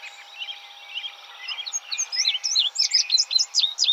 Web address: Indigo Bunting 2007 06 26 Indigo Bunting